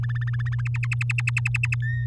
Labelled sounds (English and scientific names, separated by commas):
Domestic Canary (Serinus canaria) song